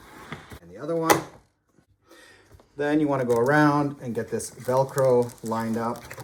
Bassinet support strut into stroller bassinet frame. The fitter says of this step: until it clicks into place and